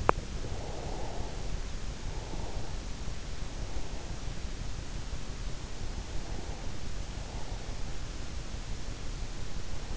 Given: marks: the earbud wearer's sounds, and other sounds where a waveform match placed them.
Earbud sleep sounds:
sounds in sleep by an in-ear microphone; teeth grinding, breath
0.00-0.40 s: teeth grinding
0.54-3.11 s: breath

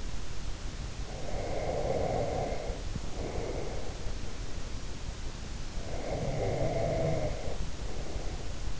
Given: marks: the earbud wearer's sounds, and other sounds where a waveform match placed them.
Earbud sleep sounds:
sounds in sleep by an in-ear microphone; snoring breath
1.00-4.04 s: snoring breath
5.79-8.80 s: snoring breath

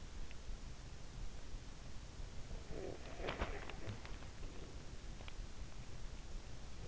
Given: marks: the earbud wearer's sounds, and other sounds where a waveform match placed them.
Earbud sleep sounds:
sounds in sleep by an in-ear microphone; breath
2.41-4.49 s: breath

